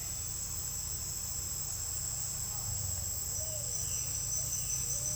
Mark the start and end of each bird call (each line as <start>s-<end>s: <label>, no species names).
3.38s-5.16s: bird call